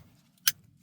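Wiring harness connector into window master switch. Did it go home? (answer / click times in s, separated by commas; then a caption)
yes / 0.5 s. A wiring harness connector is pushed into the driver's window master control switch of a 2020–2024 Toyota Corolla E210 until it latches. A single sharp, bright click sounds at 0.5 s over a low, steady hum. The connector is seated.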